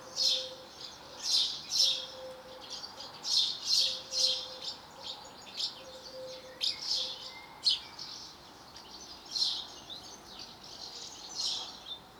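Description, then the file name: House sparrow chirping: a long, irregular series of many rough notes, with a faint steady tone recurring in the background. "Passer domesticus"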